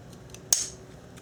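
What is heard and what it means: A 90-degree pick is inserted into the plastic locking tab of an electrical connector on an engine component in an Audi S4 engine bay during a valve cover gasket replacement, then rotated. After a couple of faint ticks, the lock releases with a single sharp, bright click at 0.5 s that rings briefly before fading. The connector lock clicks open and is released.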